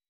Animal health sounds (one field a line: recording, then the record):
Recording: hydrophone in a shrimp aquaculture tank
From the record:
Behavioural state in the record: weakened